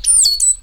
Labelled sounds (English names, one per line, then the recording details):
Stitchbird song
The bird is a male
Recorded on Tiritiri Matangi Island, New Zealand, in 2005
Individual 10, of nest box 12